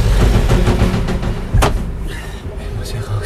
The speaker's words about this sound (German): Dann fuhr der Wagen los, bog um die nächste Ecke und verschwand.